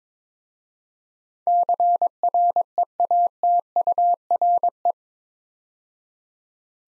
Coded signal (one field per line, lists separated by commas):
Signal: Morse code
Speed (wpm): 22 wpm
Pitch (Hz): 700 Hz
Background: none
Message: CREATURE